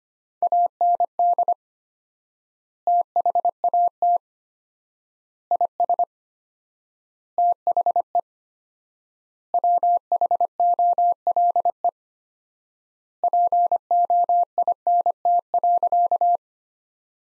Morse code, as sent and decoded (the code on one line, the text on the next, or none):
.- -. -.. / - .... .- - / .. ... / - .... . / .-- .... --- .-.. . / .--. --- .. -. - .-.-.-
AND THAT IS THE WHOLE POINT.